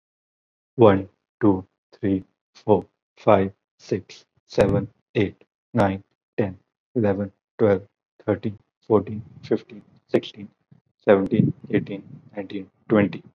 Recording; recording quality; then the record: counting at a normal pace; excellent, no background noise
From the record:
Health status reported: exposed to COVID-19, no respiratory illness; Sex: male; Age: 23 years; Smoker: no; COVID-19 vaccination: both doses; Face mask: not worn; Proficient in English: yes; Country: India